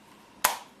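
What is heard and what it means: A trigger group is lowered into the receiver of a Maverick 88 pump shotgun during reassembly, front end hooked in first, and after some fumbling it snaps into place. Near-silence gives way to a single sharp, bright click at 0.5 s that fades quickly. The trigger group is seated in the receiver.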